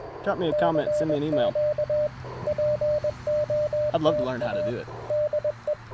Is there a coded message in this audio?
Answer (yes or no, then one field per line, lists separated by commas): yes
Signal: Morse code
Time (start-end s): 0.3-5.7 s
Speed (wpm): 21 wpm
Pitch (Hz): 600 Hz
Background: speech, radio noise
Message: E CQ POTA DE